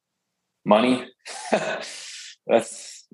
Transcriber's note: laughs